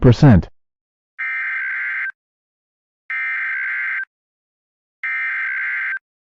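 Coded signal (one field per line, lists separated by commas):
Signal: Emergency Alert System (SAME) tones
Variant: header bursts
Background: speech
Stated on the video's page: Fictional EAS scenario about tornadoes, made with valid tones.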